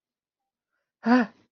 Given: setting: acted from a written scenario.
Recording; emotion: vocal sound without words; fear